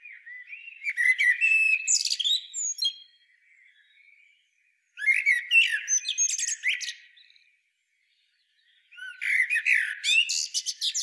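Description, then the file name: Common blackbird giving three separate bouts of shrill twittering and whistled slurs, each about two to three seconds long, divided by short silences. "Turdus merula"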